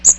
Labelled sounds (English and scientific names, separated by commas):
Magnolia Warbler (Setophaga magnolia) flight call